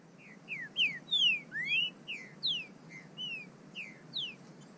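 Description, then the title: Bird giving a run of clear whistled notes, some falling and some rising, about two per second, over faint background hiss. "burung"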